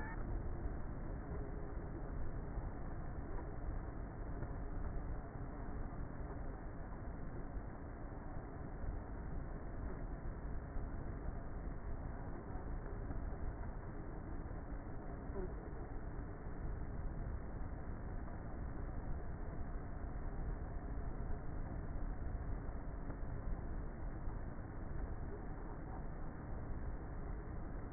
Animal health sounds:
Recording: honeybee colony, microphone inside the hive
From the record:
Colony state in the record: queenless with a low population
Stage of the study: before two queens were removed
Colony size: about 30,000 bees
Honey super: no

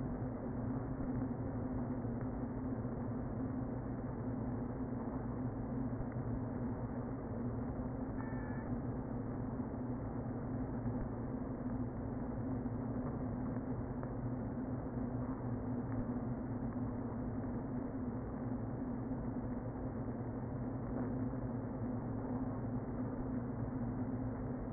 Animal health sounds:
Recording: honeybee colony, microphone inside the hive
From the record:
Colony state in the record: queen present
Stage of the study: before two queens were removed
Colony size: about 60,000 bees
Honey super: yes

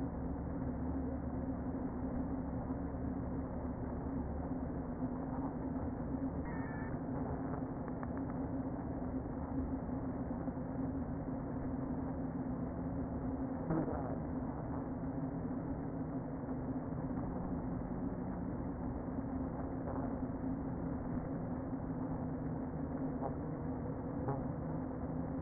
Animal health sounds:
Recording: honeybee colony, microphone inside the hive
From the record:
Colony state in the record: queen present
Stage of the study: before two queens were removed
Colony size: about 60,000 bees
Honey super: yes

